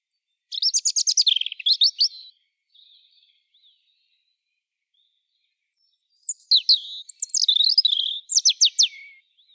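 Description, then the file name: European robin singing, two phrases of high, thin, tumbling notes with rapid trills and slurred whistles, separated by a few seconds of near silence. "Erithacus rubecula"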